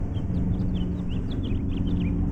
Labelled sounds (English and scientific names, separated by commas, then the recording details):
House Finch (Haemorhous mexicanus) song
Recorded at Valley Stream on Long Island, New York, on 17 June 1975
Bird A